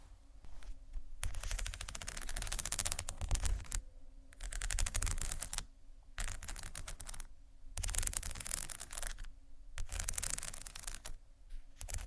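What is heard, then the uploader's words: Textured bags are tapped and scratched in bursts of rapid, crackly rubbing, each lasting one to two seconds with brief pauses between them. The scraping is dense and bright, with soft taps mixed in, and a faint low hum runs underneath throughout. ASMR TEXTURED BAGS TAP & SCRATCH (No Talking).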